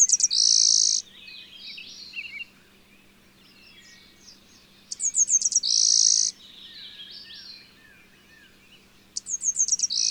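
Bird song: high, rapid ticking notes ending in a buzzy trill, repeated roughly every four to five seconds, with quieter twittering calls between phrases.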